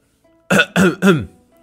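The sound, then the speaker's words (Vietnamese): A man clears his throat in three quick, loud coughing bursts, each with a husky, falling tone, then stops; no other talking is heard. “Hắn nhìn chung quanh thấy không có người, vội ho một tiếng và nói.”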